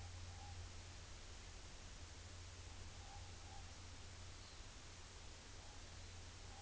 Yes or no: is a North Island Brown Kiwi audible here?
no